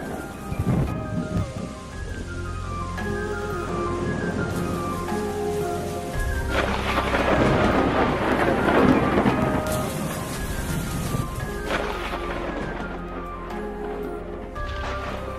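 nature, rain falling at night

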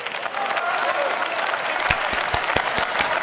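crowd, applause in parliament

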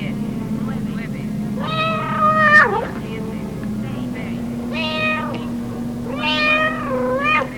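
animal, cat meowing

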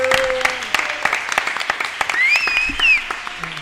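crowd, audience applause

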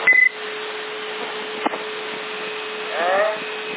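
signal or alarm, CB radio whistle tone

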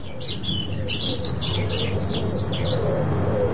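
bird, birds chirping

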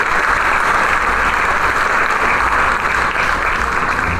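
crowd, audience applause

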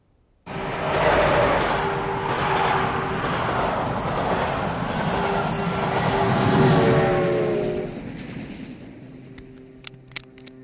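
vehicle, train travelling on rails

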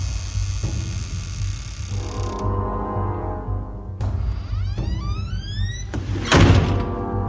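sound effect, door opening

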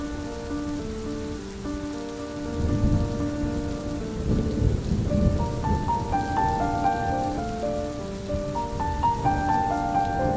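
nature, heavy rain falling

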